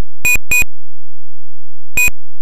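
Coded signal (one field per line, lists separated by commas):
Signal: none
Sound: a computer game's beeps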